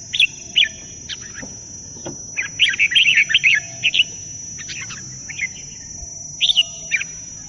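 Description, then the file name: Red-whiskered bulbul song in short, scattered phrases of lively warbled chirps, some single sharp notes between, with a constant high-pitched whine in the background. "suara kutilang jambul"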